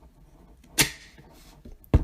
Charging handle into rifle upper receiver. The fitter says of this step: and then just push the whole thing in until it can lock into place.